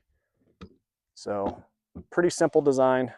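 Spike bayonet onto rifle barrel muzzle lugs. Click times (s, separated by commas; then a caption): 0.6 s. A steel spike bayonet is lined up with the lugs milled into the muzzle of a Lee-Enfield No.4 Mk1* rifle barrel and twisted against its spring until it locks. A short, positive click is heard at 0.6 s as it seats onto the muzzle, and afterward someone talks.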